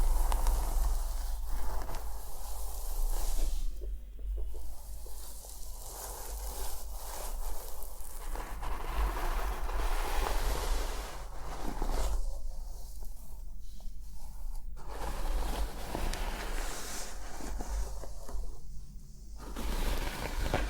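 Hair brushing and scalp scratching make a dense, scratchy rustle that runs almost without pause, with strokes overlapping in quick succession. Short quieter gaps come around 4, 12 to 15, and 19 seconds, and a steady low hum sits beneath throughout.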